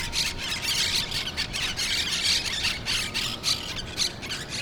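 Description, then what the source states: Parrots squawking in quick, harsh bursts without pause. Recorded in Brooklyn.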